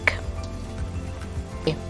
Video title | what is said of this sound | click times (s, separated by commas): Food Processors sooo many to choose from | hear a lock in place you hear the click now | 0.1 s